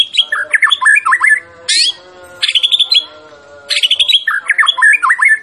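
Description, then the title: White-rumped shama song with jerky whistled notes, a harsh high burst, then repeated trilled phrases separated by short pauses. Champion white-rumped shama; recording used for training songbirds (masteran). "Masteran Murai Batu Juara"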